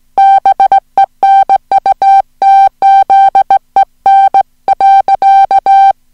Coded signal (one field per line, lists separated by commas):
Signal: Morse code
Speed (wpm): 17 wpm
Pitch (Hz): 780 Hz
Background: music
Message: BENUTZEN .